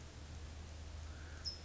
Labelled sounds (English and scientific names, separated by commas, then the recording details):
California Towhee (Melozone crissalis)
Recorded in Sonoma County, California